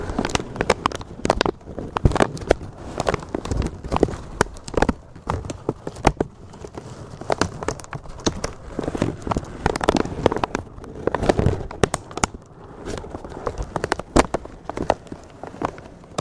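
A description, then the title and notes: Crinkling runs throughout in dense, irregular bursts of crisp crackles and snaps, with louder clusters rising every second or two over a soft low rustle. ASMR Slow & Gentle Crinkle Triggers. (No Talking).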